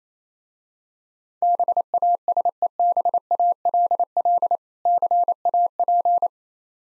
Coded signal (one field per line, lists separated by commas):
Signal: Morse code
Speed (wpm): 27 wpm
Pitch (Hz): 700 Hz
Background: none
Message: BASEBALL CAP